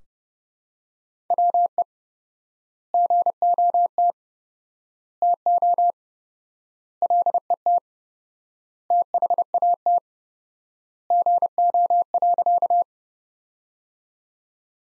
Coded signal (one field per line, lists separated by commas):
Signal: Morse code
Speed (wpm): 32 wpm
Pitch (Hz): 700 Hz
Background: none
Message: WE GOT TO LET THAT GO.